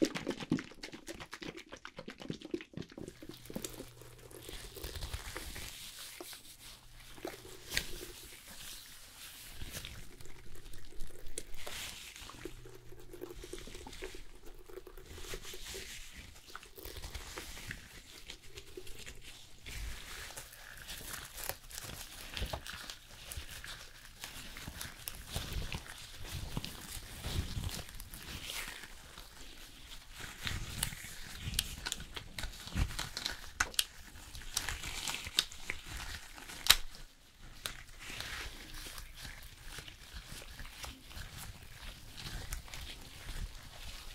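Hair salon sounds: a steady bed of crisp rustling and crinkling handling noise runs throughout, with short bursts of snipping and brushing. A low hum comes and goes in the first twenty-five seconds, and a sharp knock lands near thirty-seven seconds.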